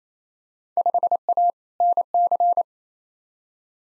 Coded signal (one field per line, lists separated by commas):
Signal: Morse code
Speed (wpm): 27 wpm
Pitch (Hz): 700 Hz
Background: none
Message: 5A NC